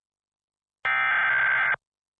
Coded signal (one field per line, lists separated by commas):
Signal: Emergency Alert System (SAME) tones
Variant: header bursts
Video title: EAS SCENARIO #3: Discord Suggestions (Requested)